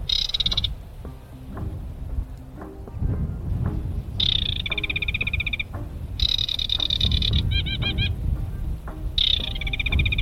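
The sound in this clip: Aquatic Warbler song: dry rattling trills alternating with short strings of clear whistled notes, repeated in phrases every few seconds, with low background sound underneath.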